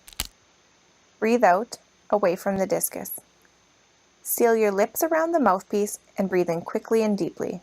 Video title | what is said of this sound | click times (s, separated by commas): BPC Med Education: Inhalers | Slide the lever over until you hear a click. | 0.2 s